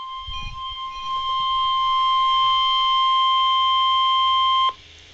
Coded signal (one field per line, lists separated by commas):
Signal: Emergency Alert System (SAME) tones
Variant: 1050 Hz attention tone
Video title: NOAA - RWTs (EAS #1,486 - 1,487)